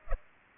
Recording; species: mosquito wingbeat signal from an infrared sensor; Culex pipiens